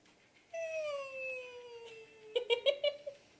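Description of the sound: An adult imitates a wheeze with the voice: a long, high, musical tone falling slowly in pitch, followed by a few short squeaky bursts. Wheezing is mostly expiratory.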